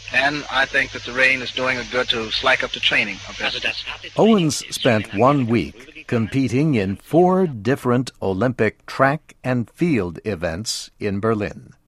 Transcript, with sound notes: And I think that the rain is doing a good to slack up the training a bit.”
(1936 interview with Jesse Owens for German radio, from archive.org) Owens spent one week competing in four different Olympic track and field events in Berlin.